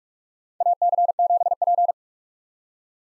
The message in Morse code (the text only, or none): AC7P